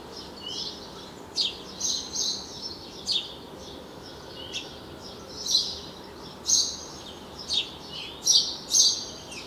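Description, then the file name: House sparrow chirping, repeated short bright notes coming in loose bursts throughout, over constant background hiss. "Passer domesticus"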